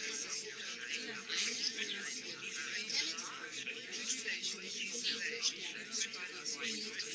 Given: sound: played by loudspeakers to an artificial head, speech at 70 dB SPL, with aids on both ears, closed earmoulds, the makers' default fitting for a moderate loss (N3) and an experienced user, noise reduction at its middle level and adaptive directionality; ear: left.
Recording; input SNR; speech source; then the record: speech test signal (ISTS) in cocktail-party noise; -6 dB; on the right (90 degrees)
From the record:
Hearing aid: class 1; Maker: H